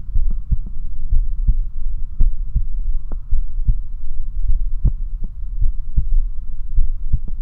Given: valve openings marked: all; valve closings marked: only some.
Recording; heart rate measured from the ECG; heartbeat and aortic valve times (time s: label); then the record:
heart sounds by stethoscope; 54 bpm
0.17 s: heartbeat (ECG mark)
0.26 s: aortic valve opens (echo mark)
0.54 s: aortic valve closes (echo mark)
1.14 s: heartbeat (ECG mark)
1.24 s: aortic valve opens (echo mark)
1.51 s: aortic valve closes (echo mark)
2.22 s: heartbeat (ECG mark)
2.31 s: aortic valve opens (echo mark)
2.58 s: aortic valve closes (echo mark)
3.34 s: heartbeat (ECG mark)
3.42 s: aortic valve opens (echo mark)
3.71 s: aortic valve closes (echo mark)
4.51 s: heartbeat (ECG mark)
4.60 s: aortic valve opens (echo mark)
4.87 s: aortic valve closes (echo mark)
5.64 s: heartbeat (ECG mark)
5.73 s: aortic valve opens (echo mark)
6.00 s: aortic valve closes (echo mark)
6.79 s: heartbeat (ECG mark)
6.88 s: aortic valve opens (echo mark)
From the record:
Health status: healthy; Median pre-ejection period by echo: 92 ms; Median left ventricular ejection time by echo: 271 ms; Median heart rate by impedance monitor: 53 bpm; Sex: male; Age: 20 years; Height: 178 cm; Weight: 77 kg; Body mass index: 24.30